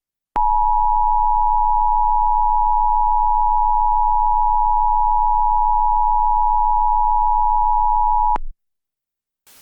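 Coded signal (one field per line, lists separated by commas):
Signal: Emergency Alert System (SAME) tones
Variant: 853 and 960 Hz attention tone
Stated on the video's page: Fictional EAS scenario using valid SAME tones.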